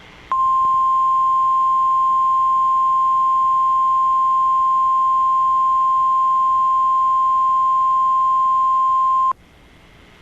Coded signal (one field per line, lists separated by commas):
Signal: Emergency Alert System (SAME) tones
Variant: 1050 Hz attention tone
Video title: Rest Easy, @ZakiTokitoFan - EAS Tests of 12/6/23 (New EAS 263-266)